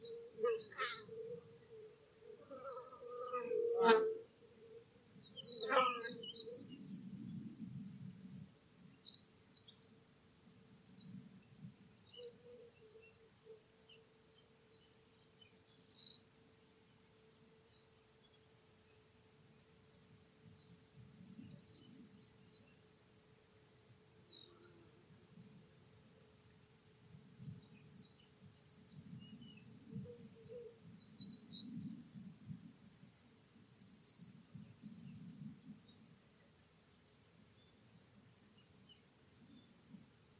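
Birdsong over spring cereal fields, with corn bunting, little bustard and bee-eaters named as singers. Faint, scattered chirps and short calls come and go over a steady low hum and rumble that swells at times, with a few sharp clicks near the start.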